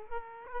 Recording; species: mosquito wingbeat signal from an infrared sensor; Aedes aegypti